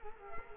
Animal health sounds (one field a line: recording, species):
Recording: mosquito wingbeat signal from an infrared sensor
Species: Culex quinquefasciatus